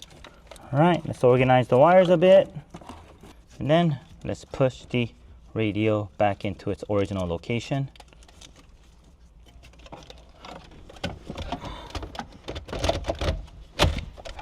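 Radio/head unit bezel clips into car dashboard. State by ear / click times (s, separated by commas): seated / 11.0 s, 13.8 s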